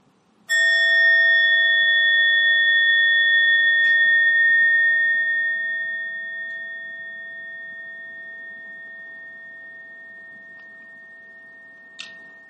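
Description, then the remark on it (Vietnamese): A meditation bell is struck once during Buddhist mindful breathing practice, its bright layered tones swelling out and then slowly fading across many seconds, with faint soft taps partway through and near the end. “Trong khi mình nghe tiếng chuông đó thì mình thở theo một bài kệ khác, hai câu là lắng lòng nghe, lắng lòng nghe tiếng chuông huyền diệu đưa về nhất tâm, hay là lắng lòng nghe, lắng lòng nghe tiếng chuông huyền diệu đưa về quê hương.”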